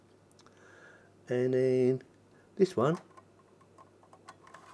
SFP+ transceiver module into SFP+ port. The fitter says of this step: and basically you push that into there like so and it makes a click